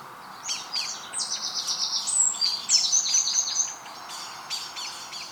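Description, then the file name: Eurasian wren song: rapid high trills and twitters lasting several seconds over a constant noisy background. "Troglodytes troglodytes"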